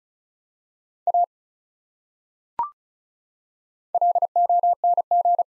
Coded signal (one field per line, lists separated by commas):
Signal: Morse code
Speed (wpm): 36 wpm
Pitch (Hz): 700 Hz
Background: none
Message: A LONG